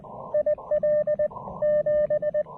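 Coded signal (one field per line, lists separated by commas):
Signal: Morse code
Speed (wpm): 19 wpm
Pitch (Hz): 660 Hz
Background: radio noise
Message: IL 7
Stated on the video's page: Super low power POTA CW activation under rough propagation, keyed with a new Begali Adventure paddle.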